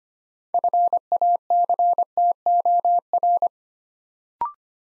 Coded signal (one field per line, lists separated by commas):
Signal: Morse code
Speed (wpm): 25 wpm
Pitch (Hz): 700 Hz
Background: none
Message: FACTOR